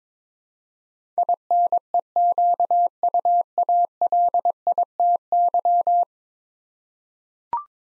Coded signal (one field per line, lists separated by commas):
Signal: Morse code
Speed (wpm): 22 wpm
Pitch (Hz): 700 Hz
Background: none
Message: INEQUALITY